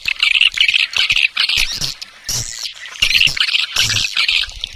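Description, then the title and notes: Swiftlets give rapid bursts of high, squeaky twitters with brief quiet breaks; faint low thumps sound between some bursts. Swiftlet farming sound, Asia. "Swiflet Bird Sound. Farming Swiflet Bird asia sound"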